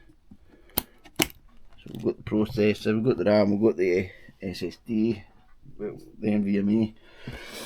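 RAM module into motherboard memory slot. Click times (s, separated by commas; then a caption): 0.8 s, 1.2 s. A second RAM stick is pressed firmly into its DIMM slot on a motherboard, and sharp plastic latch clicks ring out at 0.8 s and 1.2 s as it seats. Someone then talks.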